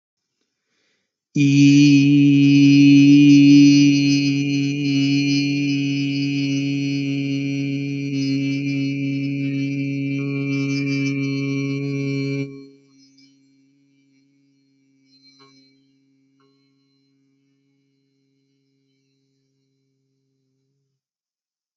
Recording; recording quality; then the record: sustained vowel as in beet; excellent, no background noise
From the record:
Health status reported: healthy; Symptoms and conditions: none ticked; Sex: male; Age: 30 years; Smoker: not ticked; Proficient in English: yes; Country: India